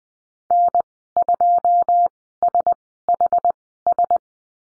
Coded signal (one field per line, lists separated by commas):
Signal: Morse code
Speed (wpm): 20 wpm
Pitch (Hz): 700 Hz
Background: none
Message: N2SHS